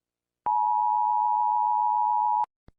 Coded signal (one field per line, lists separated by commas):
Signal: Emergency Alert System (SAME) tones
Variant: 853 and 960 Hz attention tone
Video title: Eas Scenario (The Tsunami)